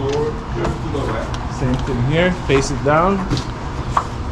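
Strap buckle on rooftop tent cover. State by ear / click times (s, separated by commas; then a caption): seated / 4.0 s. A strap buckle on the travel cover of an iKamper Skycamp 2.0 rooftop tent, mounted on CBI Overland bars on a Toyota Tacoma, is fastened facing down while someone talks. At 4.0 s the buckle snaps shut with a short, sharp click, and the buckle is seated.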